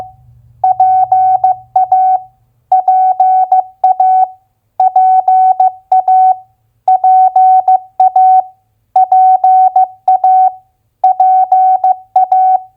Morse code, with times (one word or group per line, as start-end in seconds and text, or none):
0.6-2.2 PA
2.7-4.2 PA
4.8-6.3 PA
6.9-8.4 PA
9.0-10.5 PA
11.0-12.6 PA